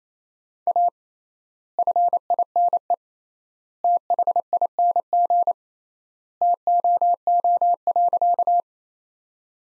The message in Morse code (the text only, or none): A FINE THING TOO.